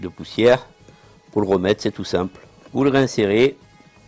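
The plastic dust bin of a Proscenic M8 Pro robot vacuum is handled as it is about to be pushed back into the robot body while someone talks over quiet background music. The bin has not seated or clicked yet.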